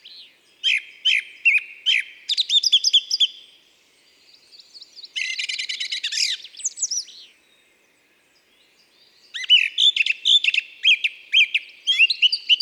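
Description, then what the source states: Song thrush song, bursts of varied whistled and rattling phrases, several repeated notes, separated by short pauses. Isère, France.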